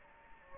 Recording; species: mosquito wingbeat signal from an infrared sensor; Anopheles gambiae